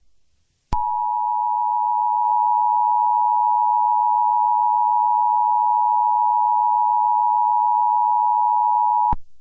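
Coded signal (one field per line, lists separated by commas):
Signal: Emergency Alert System (SAME) tones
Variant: 853 and 960 Hz attention tone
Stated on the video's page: Fictional EAS scenario about nuclear chaos in the United States.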